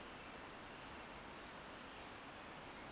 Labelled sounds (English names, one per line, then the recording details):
Eurasian Woodcock whistle
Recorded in Baden-Württemberg, Germany, on 10 June 2021 at 19:47 UTC
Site 43323, 910 m above sea level